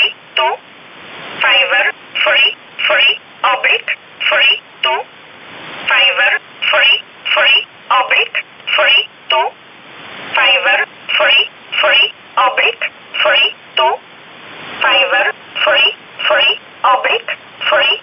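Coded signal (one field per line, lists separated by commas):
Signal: numbers station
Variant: E11 Oblique, English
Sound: a voice reading short evenly spaced words, likely numbers, in English over shortwave radio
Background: radio static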